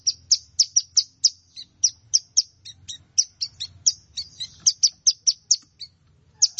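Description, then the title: Plain prinia song, a steady string of sharp, high chipping notes repeated about three times per second, with short pauses between runs. "Ciblek Sawah"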